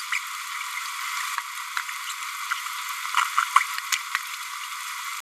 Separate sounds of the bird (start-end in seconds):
0.11-0.19, 3.16-3.24, 3.37-3.42, 3.55-3.64, 4.14-4.18